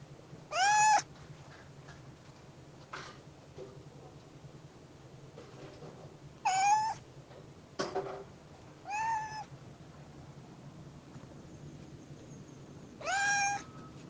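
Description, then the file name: Cat: kitten giving several plaintive mews, irregularly spaced a few seconds apart. Kitten on a wall. "Gatito Muro"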